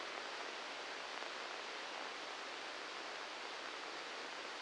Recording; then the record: brain microelectrode recording played as sound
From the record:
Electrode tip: inside the subthalamic nucleus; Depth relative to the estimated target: -2 mm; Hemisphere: left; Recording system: NeuroSet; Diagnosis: Parkinson's disease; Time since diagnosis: 7 years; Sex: male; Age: 44 years